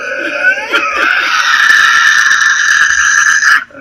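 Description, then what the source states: Tasmanian devil screech: a short rising onset, then a harsh, sustained, strained shriek held steady for nearly three seconds before cutting off abruptly. Two devils vocalizing to each other face to face, jaws right up in each other's faces; played example described as terrifying and horrendous.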